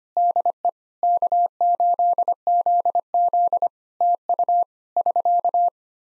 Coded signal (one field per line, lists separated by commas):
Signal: Morse code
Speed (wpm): 25 wpm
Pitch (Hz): 700 Hz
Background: none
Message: DE K8ZZ TU <SK>